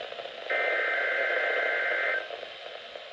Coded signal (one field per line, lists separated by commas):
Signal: Emergency Alert System (SAME) tones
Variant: header bursts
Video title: Alerts from IL EAS Expo 2023 | NOAA Weather Radio & FM (7/5-6/23)